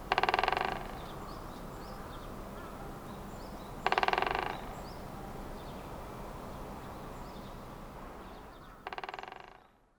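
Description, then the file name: Great Spotted Woodpecker drumming: three short, rapid rolls of knocks, each under a second, spaced a few seconds apart over a steady low background rumble. Recorded in Sapporo on 23 March 2011. "akagera 110323 sapporo namba"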